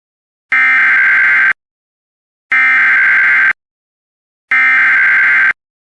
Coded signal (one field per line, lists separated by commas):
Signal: Emergency Alert System (SAME) tones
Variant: header bursts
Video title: Flash Flood Warning for Tupelo Mississippi on EAS